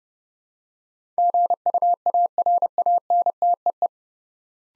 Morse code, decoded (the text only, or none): GUARANTEE